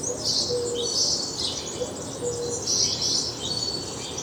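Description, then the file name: House sparrow giving clusters of sharp high chirps, with a few thin low whistled notes underneath. "Passer domesticus"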